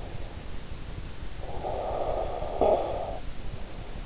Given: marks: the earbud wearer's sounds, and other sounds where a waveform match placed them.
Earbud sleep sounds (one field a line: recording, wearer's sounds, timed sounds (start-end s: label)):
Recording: sounds in sleep by an in-ear microphone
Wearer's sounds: snoring breath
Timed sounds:
1.13-3.44 s: snoring breath